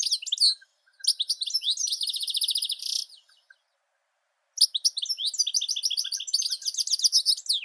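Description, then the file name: European goldfinch song: bright twittering phrases with a buzzy trill, a pause of over a second, then a longer rolling twittered phrase. "Golosa ptic - CSHegol Carduelis carduelis"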